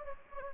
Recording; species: mosquito wingbeat signal from an infrared sensor; Anopheles gambiae